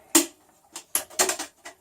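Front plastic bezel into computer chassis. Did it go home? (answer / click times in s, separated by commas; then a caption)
yes / 0.2 s, 1.0 s. The front plastic bezel of an Apple G5 is pressed into a new computer chassis during a rebuild and snaps home. There are sharp plastic clicks at 0.2 s and 1.0 s, with quieter snaps and rattles in between and a faint tick near 1.7 s. The bezel ends up seated in place.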